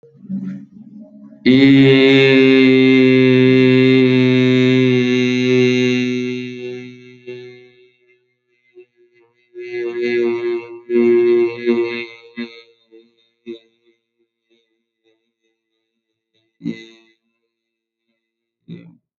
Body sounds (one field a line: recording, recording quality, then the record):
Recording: sustained vowel as in made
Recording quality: moderate, slight background noise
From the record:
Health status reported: healthy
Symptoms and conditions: none ticked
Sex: male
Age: 25 years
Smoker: not ticked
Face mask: not worn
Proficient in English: yes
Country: India